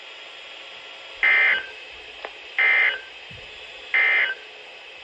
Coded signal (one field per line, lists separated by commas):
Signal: Emergency Alert System (SAME) tones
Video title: Multiple Day Chaos - Alerts from 5/13/25 - 5/16/25 (EAS #1513 - 1541)